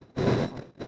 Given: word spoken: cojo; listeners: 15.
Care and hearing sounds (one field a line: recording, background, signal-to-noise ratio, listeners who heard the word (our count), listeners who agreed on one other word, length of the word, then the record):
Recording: one Spanish word in noise, from a listening test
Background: noise modulated by one talker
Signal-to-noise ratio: -9.9 dB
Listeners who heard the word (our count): 0 of 15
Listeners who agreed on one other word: 7 of 15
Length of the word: 0.48 s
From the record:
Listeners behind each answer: 7, 3, 2, 1, 1, 1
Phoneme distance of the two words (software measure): 17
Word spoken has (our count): 2 syllables, 4 phonemes, stress on syllable 1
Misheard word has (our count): 2 syllables, 3 phonemes, stress on syllable 1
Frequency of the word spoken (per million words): 5.82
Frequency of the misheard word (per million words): 198.59